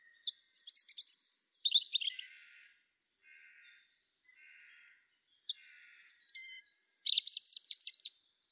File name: Erithacus rubecula